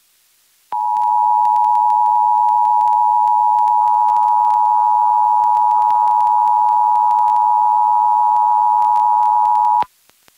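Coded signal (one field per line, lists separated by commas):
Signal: Emergency Alert System (SAME) tones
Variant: 853 and 960 Hz attention tone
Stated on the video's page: Washington statewide required monthly test relayed by an FM station, recorded directly from a stereo to a Zoom H1 recorder.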